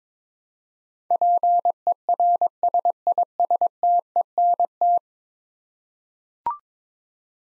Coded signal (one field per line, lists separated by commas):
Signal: Morse code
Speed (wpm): 22 wpm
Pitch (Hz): 700 Hz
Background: none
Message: PERSISTENT